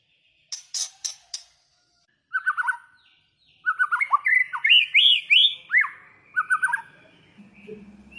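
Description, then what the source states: White-rumped shama song: harsh clicking notes, then a fast sequence of clear looping whistles and trills, ending with a faint low hum. Lure recording of a vigorously singing (gacor) white-rumped shama, used to make other shamas respond and sing straight away.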